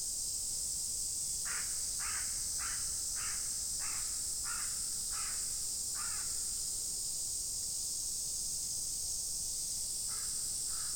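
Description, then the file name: Japanese tit call: a run of about eight buzzy notes, then two more notes near the end, over a loud, steady, high-pitched drone. Recorded 5 August 2011 at Kotori no Mori. "kotori no mori sijukara"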